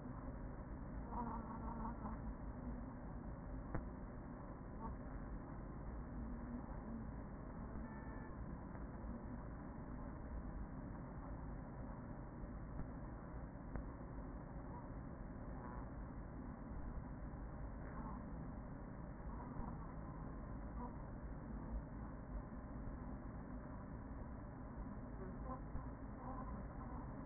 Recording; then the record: honeybee colony, microphone inside the hive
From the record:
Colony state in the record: queen present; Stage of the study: after two queens were removed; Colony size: about 40,000 bees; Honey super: no